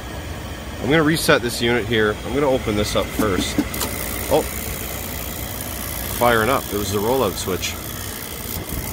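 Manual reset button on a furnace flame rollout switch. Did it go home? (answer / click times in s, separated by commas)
yes / 8.5 s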